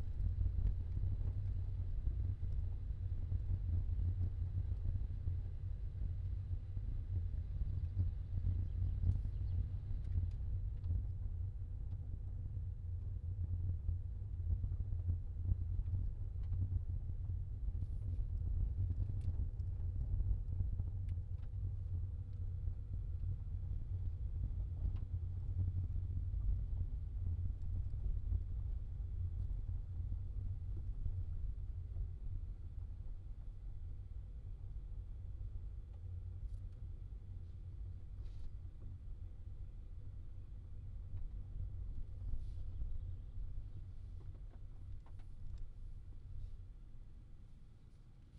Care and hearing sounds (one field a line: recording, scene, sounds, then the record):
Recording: everyday scene through a hearing-aid microphone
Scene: in a vehicle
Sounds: engine, rumble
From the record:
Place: Skoda Fabia, gasoline engine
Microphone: in the ear canal, left